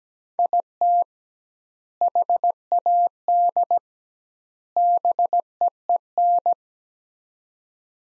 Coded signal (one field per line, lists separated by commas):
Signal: Morse code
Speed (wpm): 17 wpm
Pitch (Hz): 700 Hz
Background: none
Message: IT HAD BEEN